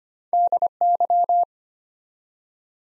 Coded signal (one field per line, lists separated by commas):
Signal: Morse code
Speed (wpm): 25 wpm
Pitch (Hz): 700 Hz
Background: none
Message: DY